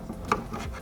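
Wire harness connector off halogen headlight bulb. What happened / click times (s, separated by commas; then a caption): The connector unclipped from the bulb / 0.3 s. A wire harness connector is unclipped from the factory halogen headlight bulb of a 2016–2019 Dodge Durango, releasing with a sharp, short click at 0.3 s. Faint rubbing and handling noise surrounds it, with a softer knock near 0.5 s, and the connector comes free of the bulb.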